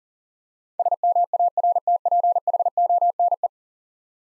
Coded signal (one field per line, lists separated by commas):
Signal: Morse code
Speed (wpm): 41 wpm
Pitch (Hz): 700 Hz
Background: none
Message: SMARTPHONE